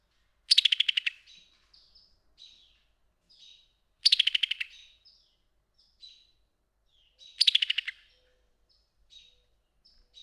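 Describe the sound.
Summer tanager gives short clicking rattles that fall in pitch, three bursts spaced roughly every three and a half seconds, with faint thin whistles in the gaps.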